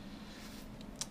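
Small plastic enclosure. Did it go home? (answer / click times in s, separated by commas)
yes / 0.8 s, 1.0 s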